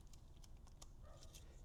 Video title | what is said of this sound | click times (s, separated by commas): Fisker Ocean - Viofo A119 Mini 2 Dash Cam Part 1 | it will snap into place | 0.8 s